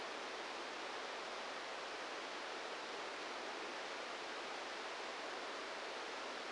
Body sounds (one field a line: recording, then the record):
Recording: brain microelectrode recording played as sound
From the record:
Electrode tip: outside the subthalamic nucleus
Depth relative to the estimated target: 2 mm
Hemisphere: right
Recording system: NeuroSet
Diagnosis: Parkinson's disease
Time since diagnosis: 8 years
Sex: male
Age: 58 years